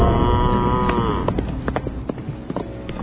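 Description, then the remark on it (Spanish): A fierce bull fitted with iron shoes on its hooves lets out a deep, drawn-out bellow for about a second, then a scatter of sharp hoof clatters and knocks follows as it runs furiously through cobbled streets on a very dark night, with no voices. “Entonces don Lucho montó en un gran caballo y, seguido de alguno de sus mayordomos, salió en persecución del toro que corría furioso por las calles, sacando chispas del empedrado,”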